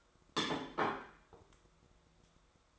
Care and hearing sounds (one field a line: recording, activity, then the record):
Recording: daily activity, microphone in the room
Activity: place plate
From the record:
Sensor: 3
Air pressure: 1004.3 hPa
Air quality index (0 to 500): 197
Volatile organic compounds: 14 ppm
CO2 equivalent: 2466 ppm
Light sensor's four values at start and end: 4/10/4/3 and 4/10/4/3